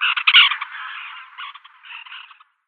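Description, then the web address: White-winged tern uttering a loud, harsh rasping call followed by a fading series of shorter grating notes. "Schulze Peter White-winged Tern"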